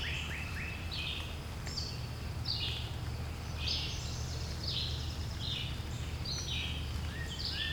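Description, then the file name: Bird song: high, sweeping notes given one after another in uneven bursts, with a low background rumble throughout. "Relaxing Sounds Lab - Birds Singing"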